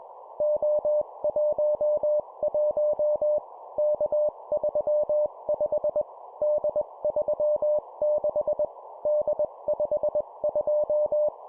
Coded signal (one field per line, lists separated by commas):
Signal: Morse code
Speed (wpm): 21 wpm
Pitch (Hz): 600 Hz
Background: none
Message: O11 K35 D36 D52